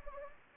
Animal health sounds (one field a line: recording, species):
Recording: mosquito wingbeat signal from an infrared sensor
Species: Anopheles gambiae